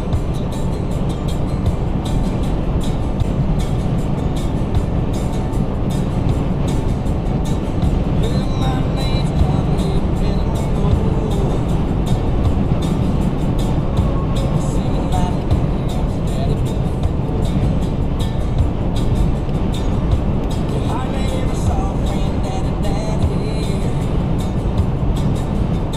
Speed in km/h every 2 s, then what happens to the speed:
147, 150, 151, 153, 155, 156, 156, 150, 150, 150, 150, 148, 150.
0-10 speeds up to 156. 10-26 steady at about 150.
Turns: none.